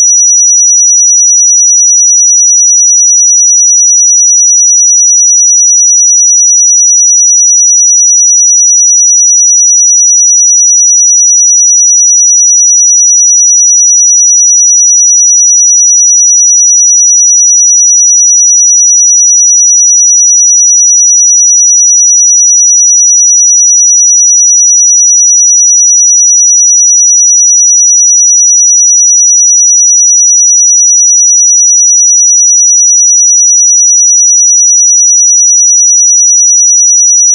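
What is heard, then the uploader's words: A pure sine tone at 5855 Hz holds perfectly steady for the whole clip, a thin, bright whistle with no wavering in pitch or loudness. Nothing else sounds around it, only silence beneath the single tone. 5855 Hz 1 Hz Interval Sine Pure Tone Frequency 441000 Sample Mono.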